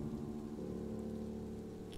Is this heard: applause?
no